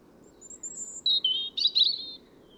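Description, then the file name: European robin singing a short varied phrase of thin high whistles and trills, a sustained high note sliding into rapid twittering, with low background hum. "Erithacus rubecula"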